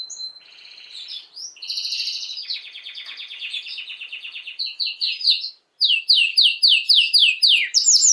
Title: Esquente Seu Filhote E Canario Belga Em 30 Minutos Macho Cantando Muito. Canrio Belga RAIDEN Cantando Muito - Esquente seu Canrio Belga